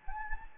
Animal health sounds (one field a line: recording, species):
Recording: mosquito wingbeat signal from an infrared sensor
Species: Anopheles gambiae